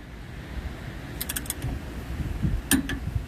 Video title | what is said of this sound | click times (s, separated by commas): How to repack bearing part 2 | you hear the click that means that that is torqued at 50 pounds of torque | 2.7 s